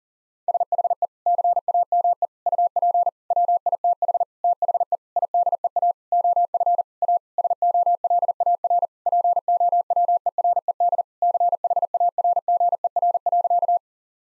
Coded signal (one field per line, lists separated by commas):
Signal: Morse code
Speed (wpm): 37 wpm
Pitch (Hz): 700 Hz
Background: none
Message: SHE CAME UP WITH THE IDEA OF A SOLAR POWERED CHARGER.